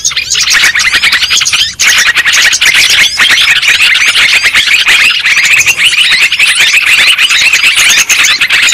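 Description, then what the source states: Lovebirds calling in a loud, unbroken flock chorus of piercing chirps and squeals, with a brief dip in the racket near the start. Lure sound played to attract lovebirds for trapping.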